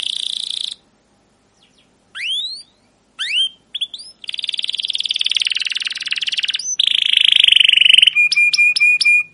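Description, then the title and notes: Canary song in bursts: a buzzy trill, rising whistled slurs, then long rapid rattling trills and a clipped repeated note at the end, with short silent gaps. Long chattering 'cuit cuit ngerol' canary song used as a lure or master recording to train young canaries to sing. "CUIT CUIT NGEROL LANGSUNG GACOR PANJANG Kenari Ini AMPUH Utk Pancingan KENAR. PANCINGAN Kenari GACOR PANJANG Cuit CUIT EMOSI ini AMPUH utk MASTERAN Kenari PAUD belajar BUNYI. burung kenari"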